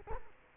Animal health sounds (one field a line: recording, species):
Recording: mosquito wingbeat signal from an infrared sensor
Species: Culex quinquefasciatus